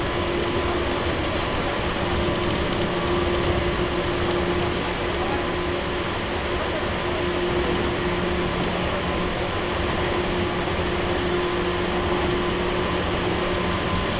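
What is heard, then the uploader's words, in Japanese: A local train on the Chuo East Line waits at a station while an express passes. A steady, dense hum of machinery and air fills the clip, with a constant low-mid tone and a few fainter pitches held throughout, at an even level with no distinct events. 中央東線普通 大月→高尾。四方津駅で特急の通過待ちで9分停車します。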